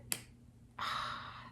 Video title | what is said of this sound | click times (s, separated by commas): Kaweco Sport 2nd thoughts review | I really like the satisfying click that you get when you post it that's | 0.1 s